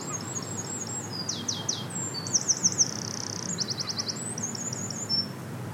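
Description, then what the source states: Eurasian wren singing a loud, hurried song of high twittering notes, fast buzzy trills and sharp rattles that tumble together over several seconds, with steady outdoor hiss behind. Wild bird singing on a beach at Rhu, just outside Helensburgh, Scotland, heard while walking.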